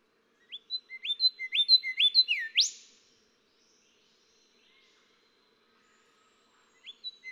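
Golden whistler singing one full phrase of rising whistles ending in a sharp upward crack, then silence before another phrase begins.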